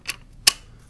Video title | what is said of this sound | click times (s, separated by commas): Full Review of the Ontario M9 Bayonet as a knife and bayonet, What do you think of these? | it comes over around there locks into place | 0.5 s